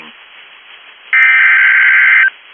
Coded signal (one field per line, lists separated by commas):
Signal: Emergency Alert System (SAME) tones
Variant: header bursts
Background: speech